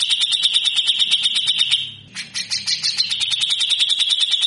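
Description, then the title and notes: Grey-cheeked bulbul with a fast, grating buzzy trill, briefly interrupted by a rougher scratchy burst before the rattling pulses resume. Actively singing (gacor) cucak jenggot giving rough, rasping 'besetan kasar' song, long-duration master recording for training birds. "MASTERAN CUCAK JENGGOT GACOR FULL BESETAN KASAR DURASI PANJANG. Burung cucak jenggot"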